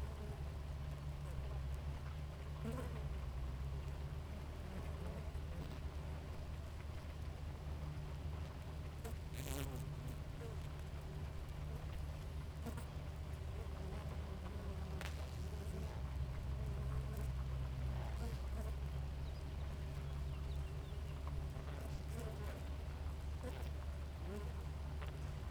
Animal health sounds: honeybee colony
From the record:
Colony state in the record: active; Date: 28 July 2017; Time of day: 4:43

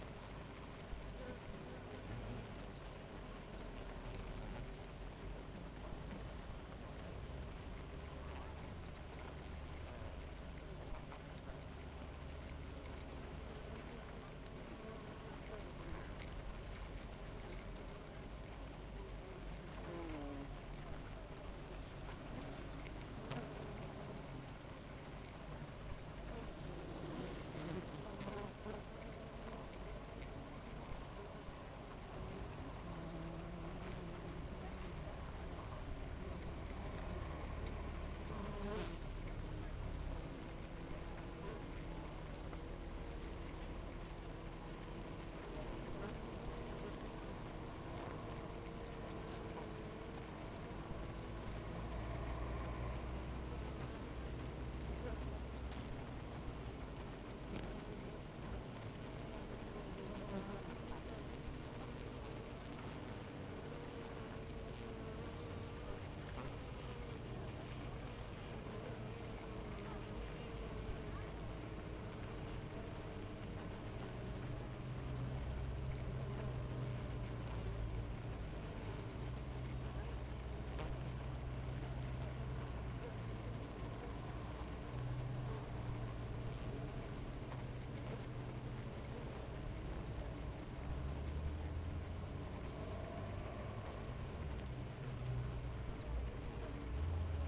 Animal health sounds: honeybee colony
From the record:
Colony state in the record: active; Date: 28 July 2017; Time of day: 7:40

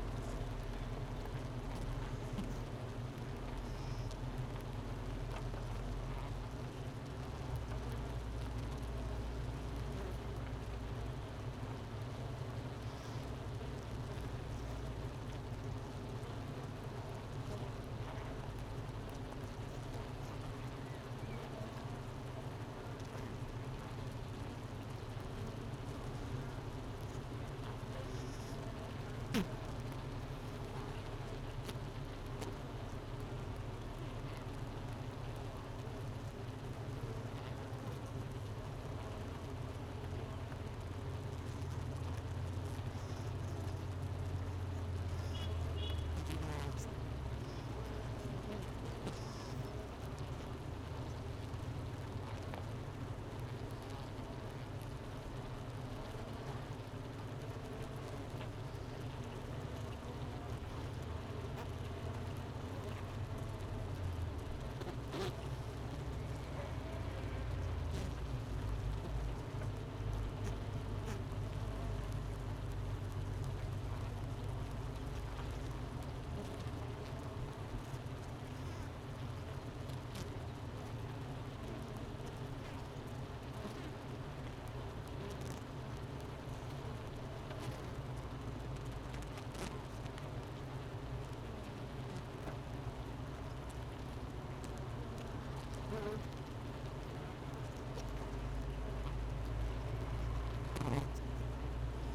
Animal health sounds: honeybee colony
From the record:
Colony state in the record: missing queen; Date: 31 May 2018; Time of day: 10:17

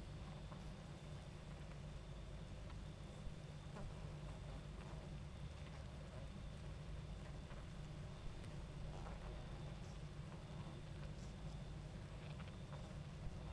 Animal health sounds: honeybee colony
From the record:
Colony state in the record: active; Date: 28 July 2017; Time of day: 22:08

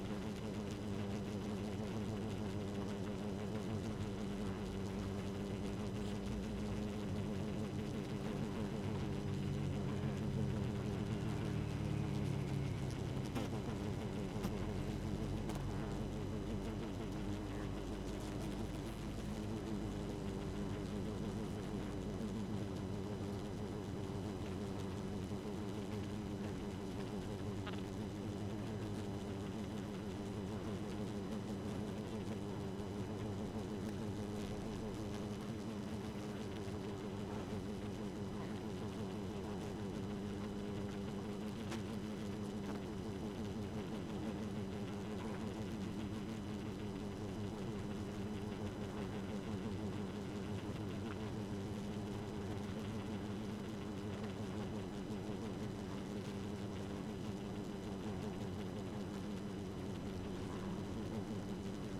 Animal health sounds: honeybee colony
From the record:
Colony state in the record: active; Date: 12 June 2018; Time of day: 1:40

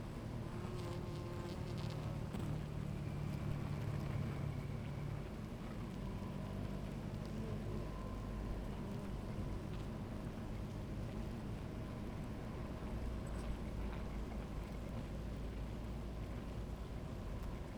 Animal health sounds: honeybee colony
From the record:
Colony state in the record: active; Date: 28 July 2017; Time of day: 16:56

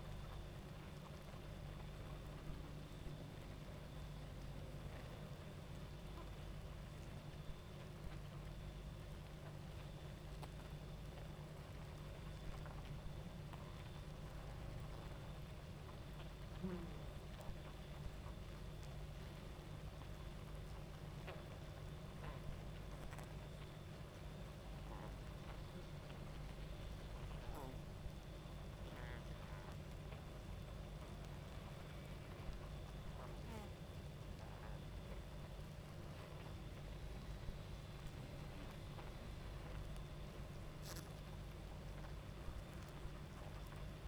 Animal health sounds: honeybee colony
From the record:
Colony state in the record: active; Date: 28 July 2017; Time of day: 23:08

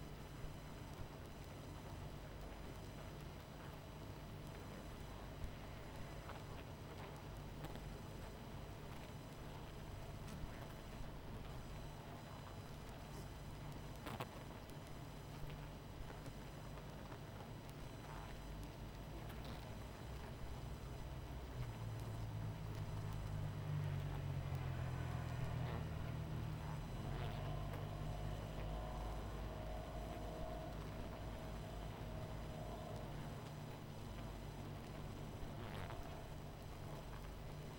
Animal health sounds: honeybee colony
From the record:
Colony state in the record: missing queen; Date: 14 July 2017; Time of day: 22:56

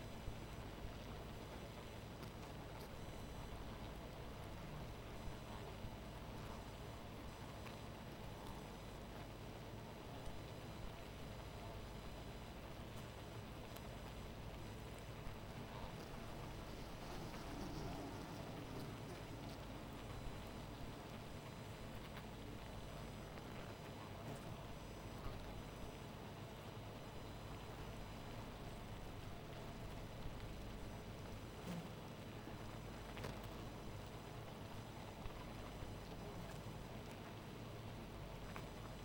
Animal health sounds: honeybee colony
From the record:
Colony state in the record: missing queen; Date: 14 July 2017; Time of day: 0:19

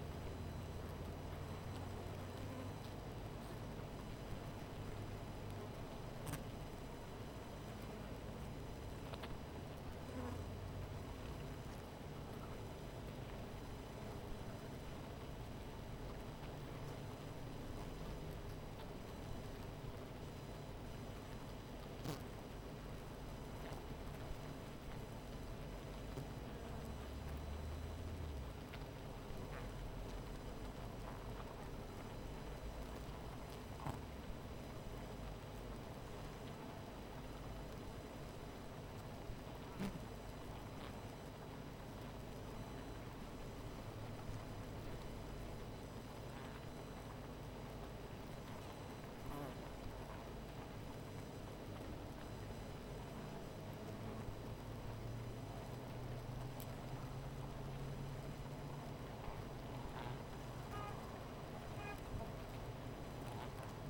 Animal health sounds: honeybee colony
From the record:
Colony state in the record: missing queen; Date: 14 July 2017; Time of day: 17:44

